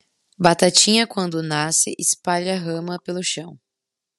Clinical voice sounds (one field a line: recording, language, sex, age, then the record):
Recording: short text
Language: Brazilian Portuguese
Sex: female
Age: 20 to 29 years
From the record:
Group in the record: control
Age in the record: 23 years